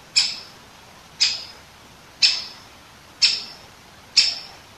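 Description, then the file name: Great Spotted Woodpecker repeating a sharp, high 'kik' call five times, about once per second, steady and clear. Recorded 21 September 2015. "dzieciol duzy nikolay sariev. dendrocopos major), 2015-09-21"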